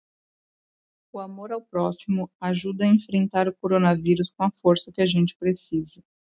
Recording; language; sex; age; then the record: spoken sentence; Brazilian Portuguese; female; 30 to 39 years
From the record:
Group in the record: control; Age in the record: 31 years